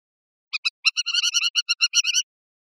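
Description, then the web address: Capped wheatear chattering in a rapid run of many short, evenly spaced nasal notes lasting under two seconds, with silence before and after. "Capped wheatear. صدای-پرنده-چکچک-کلاهدار"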